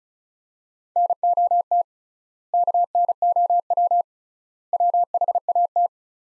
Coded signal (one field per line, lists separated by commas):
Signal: Morse code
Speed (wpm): 36 wpm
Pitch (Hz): 700 Hz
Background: none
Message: NOT KNOW WHAT